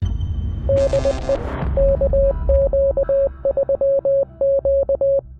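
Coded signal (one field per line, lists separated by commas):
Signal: Morse code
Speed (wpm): 20 wpm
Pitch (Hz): 550 Hz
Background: none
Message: DE KQ3Q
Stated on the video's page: Real callsigns copied during a POTA park activation at Biscayne National Park, not computer generated.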